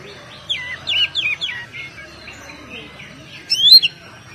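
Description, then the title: Oriental magpie-robin song: a run of quick rising and falling whistles, then a soft pause and a loud high sweeping note. "Kacer"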